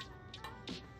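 A metal grill grate is handled over the cooking pot of a Ninja Foodi indoor grill after first being tried the wrong way round. Music plays throughout, with short metallic taps at about 0.3, 0.7 and 1.0 seconds. Nothing has seated or clicked yet.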